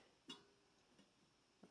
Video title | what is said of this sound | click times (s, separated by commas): Kerosene Heater Revival - Part 3 | I think we heard a click | 0.3 s